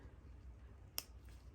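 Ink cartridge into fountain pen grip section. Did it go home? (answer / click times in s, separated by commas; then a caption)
yes / 1.0 s. A gloved hand pushes a full ink cartridge onto the grip section of a Kaweco fountain pen fitted with a replacement F nib. A single sharp snap sounds at 1.0 s over a quiet background, followed by a faint softer sound at about 1.3 s. The cartridge is seated.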